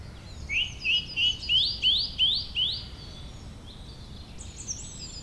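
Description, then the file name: Bird song: a series of loud, rising, slurred whistled notes repeated roughly every third of a second, ending in softer high chirps. "beautiful Birdsong"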